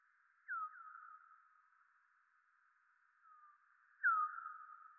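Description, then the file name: Bat calls, a quick pair of downward sweeps, a faint one later, then a loud sweep with a drawn-out fading tail. Bat movement in the Rayol Gondwana garden. "Rayol Gondwana Mouvementde Chauve Souris Mercier Glotin"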